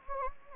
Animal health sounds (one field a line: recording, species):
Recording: mosquito wingbeat signal from an infrared sensor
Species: Anopheles gambiae